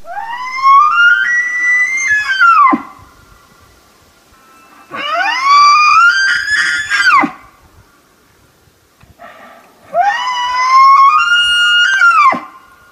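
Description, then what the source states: Wapiti bugling: three long, high whistles, each rising steeply then holding a strained, harmonic-rich tone before breaking off, spaced about five seconds apart. Played example of North American wapiti; during the rut they do not roar or compete like European red deer but whistle with a high whistle.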